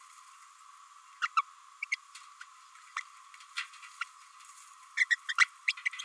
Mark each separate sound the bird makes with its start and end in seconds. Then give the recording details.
1.22-1.27, 1.36-1.41, 1.82-1.85, 1.91-1.96, 2.96-3.01, 4.00-4.04, 4.97-5.06, 5.10-5.16, 5.28-5.33, 5.38-5.48, 5.67-5.73, 5.86-5.88, 5.99-6.04. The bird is a female. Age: 27 days. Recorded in a nest box in Venezuela. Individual 17B32A5